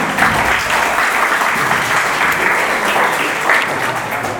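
Steady audience applause fills the whole stretch, a dense, even wash of many hands clapping at constant loudness with no voices standing out.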